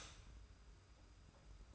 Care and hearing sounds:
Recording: daily activity, microphone in the room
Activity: stop toaster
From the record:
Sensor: 2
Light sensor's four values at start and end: 32/97/38/36 and 32/97/38/36

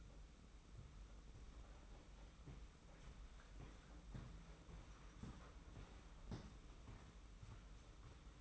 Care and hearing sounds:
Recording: daily activity, microphone in the room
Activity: walk to room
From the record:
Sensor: 1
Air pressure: 991.1 hPa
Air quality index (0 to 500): 92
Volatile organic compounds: 34 ppm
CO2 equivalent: 3038 ppm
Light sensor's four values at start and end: 35/113/44/46 and 34/110/43/44

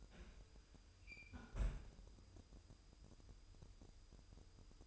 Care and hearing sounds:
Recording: daily activity, microphone in the room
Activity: close fridge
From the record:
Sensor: 2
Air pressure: 988.3 hPa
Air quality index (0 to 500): 192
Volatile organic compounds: 190 ppm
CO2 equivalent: 4178 ppm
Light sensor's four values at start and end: 21/70/27/26 and 21/70/27/26

